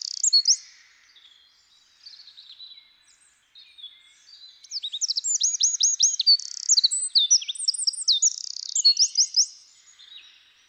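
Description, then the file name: Eurasian wren song: a few high chips, then a fast, tumbling run of piercing trills and warbled notes lasting several seconds. "Troglodytes troglodytes"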